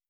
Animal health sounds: hydrophone in a shrimp aquaculture tank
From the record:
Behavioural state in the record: stressed

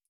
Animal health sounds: hydrophone in a shrimp aquaculture tank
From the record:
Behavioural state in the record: starved

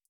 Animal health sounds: hydrophone in a shrimp aquaculture tank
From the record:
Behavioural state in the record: feeding

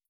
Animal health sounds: hydrophone in a shrimp aquaculture tank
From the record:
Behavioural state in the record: starved

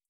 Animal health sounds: hydrophone in a shrimp aquaculture tank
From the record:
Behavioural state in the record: starved

